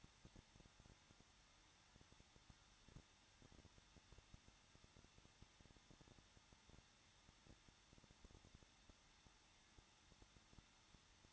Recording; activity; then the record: daily activity, microphone in the room; no activity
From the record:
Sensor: 3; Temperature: 21.2 degrees Celsius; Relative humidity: 36.4%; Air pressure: 1006.4 hPa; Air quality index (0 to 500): 223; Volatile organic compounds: 44 ppm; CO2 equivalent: 3206 ppm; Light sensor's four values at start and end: 2/3/2/2 and 2/3/2/2